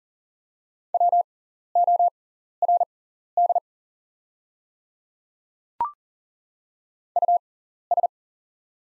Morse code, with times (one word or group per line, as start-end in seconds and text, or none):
0.9-3.6 WORD
7.2-8.1 US